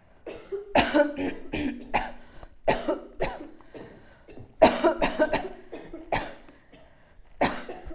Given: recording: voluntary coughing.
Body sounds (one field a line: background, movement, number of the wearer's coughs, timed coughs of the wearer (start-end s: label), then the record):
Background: a bystander coughing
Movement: sitting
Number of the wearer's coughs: 9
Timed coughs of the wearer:
0.73-1.16 s: cough
1.92-2.20 s: cough
2.65-3.02 s: cough
3.19-3.44 s: cough
4.59-4.97 s: cough
4.99-5.28 s: cough
5.31-5.60 s: cough
6.10-6.36 s: cough
7.38-7.72 s: cough
From the record:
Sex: female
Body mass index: 22.6 kg/m2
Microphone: on the chest, facing outward